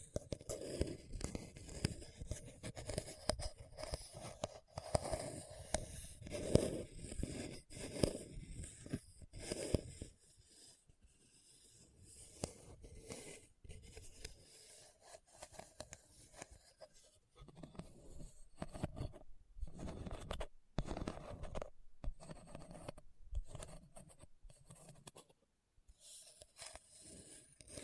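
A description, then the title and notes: Scratching on a hard, bumpy surface, rough and uneven, in dense bursts with brief gaps between strokes. The first ten seconds are busiest and loudest, then the scraping thins into shorter, quieter passes with small pauses. Dry. ASMR Hard and Bumpy Surface Scratching (No Talking).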